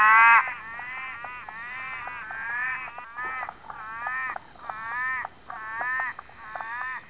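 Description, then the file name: Red-eyed tree frog giving a series of short, harsh, nasal moaning notes in quick irregular bursts. "litoria chloris"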